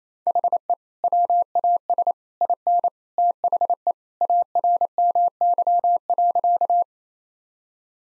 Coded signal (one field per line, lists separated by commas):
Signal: Morse code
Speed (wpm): 28 wpm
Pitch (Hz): 700 Hz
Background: none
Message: HE WAS IN THE ARMY.